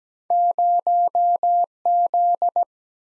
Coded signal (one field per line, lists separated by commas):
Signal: Morse code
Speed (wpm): 17 wpm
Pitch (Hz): 700 Hz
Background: none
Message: 0 Z